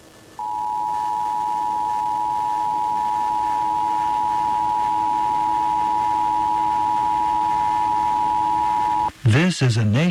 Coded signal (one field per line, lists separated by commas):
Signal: Emergency Alert System (SAME) tones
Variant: 853 and 960 Hz attention tone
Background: speech